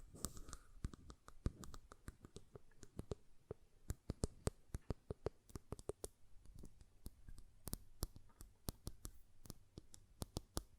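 Glass perfume bottle being tapped, a steady stream of sharp, bright ticks landing several times a second with uneven spacing. The clicks ring briefly and vary in strength, with a few louder knocks. A soft rustle sits underneath, busier in the first second.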